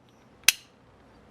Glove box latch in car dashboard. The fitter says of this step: you've heard the click.